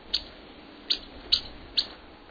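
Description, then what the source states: Yellow-rumped warbler calls: four sharp, dry chip notes at uneven intervals over background noise. Winters in the north across parts of the West, southern U.S. and New England while most warblers migrate south; known to birders as butterbutt.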